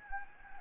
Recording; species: mosquito wingbeat signal from an infrared sensor; Anopheles gambiae